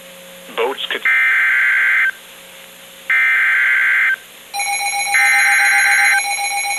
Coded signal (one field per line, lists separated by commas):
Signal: Emergency Alert System (SAME) tones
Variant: header bursts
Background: speech